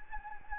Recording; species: mosquito wingbeat signal from an infrared sensor; Anopheles gambiae